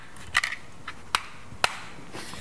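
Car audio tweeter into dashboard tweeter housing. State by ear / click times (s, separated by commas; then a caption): seated / 1.1 s, 1.6 s. An upgraded BAVSOUND Stage One tweeter is pressed by hand into the dash tweeter housing of a 2013+ BMW 3 Series GT (F34). It seats with sharp snap clicks at 1.1 s and 1.6 s, fitting just like the factory speaker. Some lighter handling taps come before the clicks.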